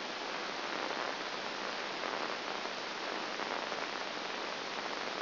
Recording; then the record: brain microelectrode recording played as sound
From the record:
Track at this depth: outside the subthalamic nucleus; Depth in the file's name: 0.106 mm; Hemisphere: left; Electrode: 2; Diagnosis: Parkinson's disease